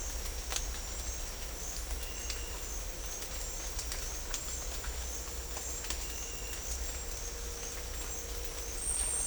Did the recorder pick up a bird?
no